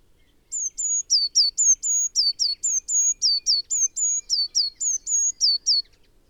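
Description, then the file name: Eurasian blue tit with a long, regular run of about twenty high, thin notes, mixing level whistles and falling slurs, in quiet surroundings. "Cyanistes caeruleus"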